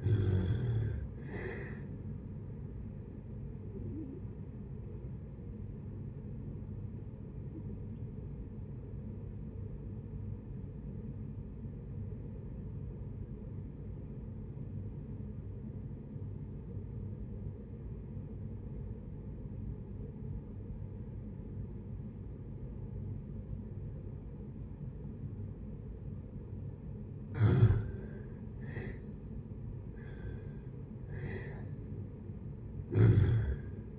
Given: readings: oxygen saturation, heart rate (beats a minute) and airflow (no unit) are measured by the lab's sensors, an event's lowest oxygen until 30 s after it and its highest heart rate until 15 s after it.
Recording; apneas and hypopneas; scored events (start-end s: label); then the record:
breathing in sleep by a smartphone at the bedside; 1
13.00-28.20 s: obstructive apnea (N1, oxygen 95% highest, then 80% lowest, heart rate 57 at the start, 72 highest)
From the record:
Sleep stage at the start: N1 (lightest sleep); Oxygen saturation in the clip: 82 to 95%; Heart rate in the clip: 57 to 74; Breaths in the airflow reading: 6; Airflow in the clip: -6.4 to 6.7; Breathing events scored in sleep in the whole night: 496 in 5.4 hours asleep